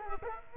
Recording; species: mosquito wingbeat signal from an infrared sensor; Culex quinquefasciatus